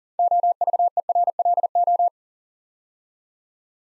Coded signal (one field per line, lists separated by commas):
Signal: Morse code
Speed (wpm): 39 wpm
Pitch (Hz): 700 Hz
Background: none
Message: OVERLO